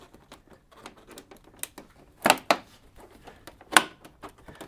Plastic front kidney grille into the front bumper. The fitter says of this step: There it goes. You hear You have to hear the click